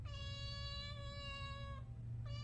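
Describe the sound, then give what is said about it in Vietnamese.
A cat that has jumped into a wooden cabinet and scratched at a hollow in its bottom lets out a long, steady, nasal meow lasting nearly two seconds, followed by the start of a second cry, all over a constant low rumbling background. “Bất chợt con mèo nhảy vào trong tủ, đợt nó liên tiếp dùng chân cào vào phần lõm ở dưới đáy tủ rồi kêu lên vài tiếng.”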